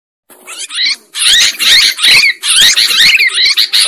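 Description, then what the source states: Sooty-headed bulbul giving loud, scratchy bubbling phrases in close succession after a short quiet opening. Used as a bird lure.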